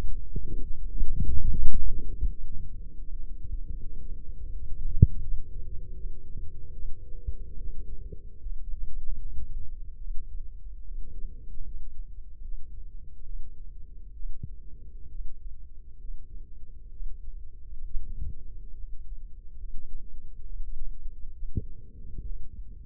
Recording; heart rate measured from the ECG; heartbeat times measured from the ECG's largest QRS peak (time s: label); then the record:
heart sounds by microphone in the left ear; 74 bpm
0.30 s: heartbeat
1.01 s: heartbeat
1.74 s: heartbeat
2.44 s: heartbeat
3.10 s: heartbeat
3.80 s: heartbeat
4.51 s: heartbeat
5.21 s: heartbeat
5.93 s: heartbeat
6.72 s: heartbeat
7.56 s: heartbeat
8.39 s: heartbeat
9.19 s: heartbeat
9.98 s: heartbeat
10.81 s: heartbeat
11.63 s: heartbeat
12.41 s: heartbeat
13.23 s: heartbeat
14.13 s: heartbeat
15.08 s: heartbeat
15.97 s: heartbeat
16.89 s: heartbeat
17.83 s: heartbeat
18.75 s: heartbeat
19.57 s: heartbeat
20.43 s: heartbeat
21.32 s: heartbeat
22.22 s: heartbeat
From the record:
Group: healthy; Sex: male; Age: 35 years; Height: 178 cm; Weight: 64 kg